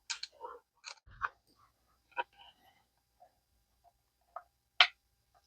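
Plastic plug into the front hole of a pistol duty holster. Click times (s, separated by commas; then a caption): 4.8 s. A plastic plug is pressed into the front hole of a Safariland 6354 pistol duty holster, before the front screw is fully tightened, so that it sits flush. Several soft ticks and handling noises come first, then a sharp, loud click at 4.8 s as the plug seats into place.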